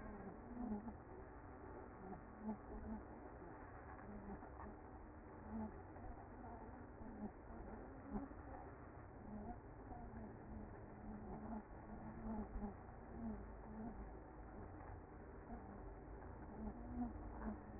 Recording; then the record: honeybee colony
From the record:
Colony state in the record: active